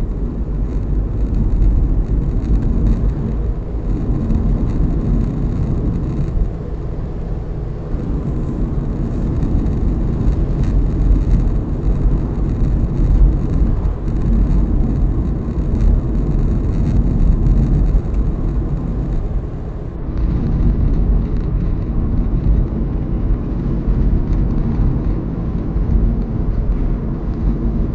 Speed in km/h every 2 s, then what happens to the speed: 59, 61, 62, 63, 63, 63, 63, 64, 65, 65, 65, 65, 66, 66.
0-28 steady at about 63.